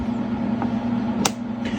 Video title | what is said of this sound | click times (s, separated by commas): Zeus PEMF Instructional Video | you have to hear that click that's the only major fail point so I'll have people people that will | 1.3 s